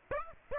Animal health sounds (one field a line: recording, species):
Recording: mosquito wingbeat signal from an infrared sensor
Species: Aedes aegypti